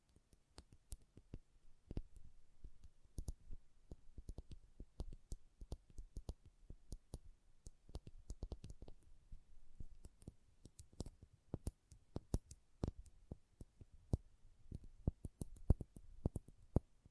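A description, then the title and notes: ASMR trigger sounds: a continuous run of sharp clicks and light taps, irregular but dense, several per second for the whole stretch. Each snap is crisp and bright, with no voice. ASMR Triggers. (No Talking).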